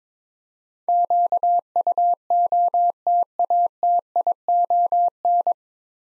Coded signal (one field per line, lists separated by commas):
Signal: Morse code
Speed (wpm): 22 wpm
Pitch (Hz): 700 Hz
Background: none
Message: QUOTATION